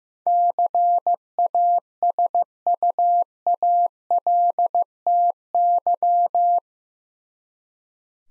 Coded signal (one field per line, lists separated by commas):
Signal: Morse code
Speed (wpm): 15 wpm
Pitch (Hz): 700 Hz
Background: none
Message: CASUALTY